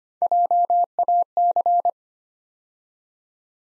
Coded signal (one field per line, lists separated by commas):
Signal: Morse code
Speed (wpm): 25 wpm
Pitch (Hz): 700 Hz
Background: none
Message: JAC